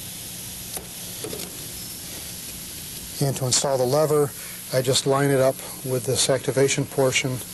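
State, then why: Not seated. A desk chair's plastic lever is handled and lined up with the activation portion of the chair mechanism. A steady hiss runs under the clip, with a few faint handling taps in the first half. From about 3.2 seconds someone talks. Nothing has seated or clicked yet.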